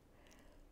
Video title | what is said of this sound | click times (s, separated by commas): Winter Sowing: A Beginner's Guide | you don't even need duct tape or anything to hold it on they snap in place | 0.3 s